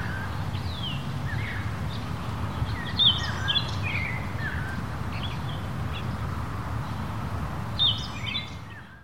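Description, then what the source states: Birds giving sparse chirps and brief whistled notes, with a louder burst of calls near the end, under constant low wind rumble. Countryside in Mexico, daytime, windy conditions.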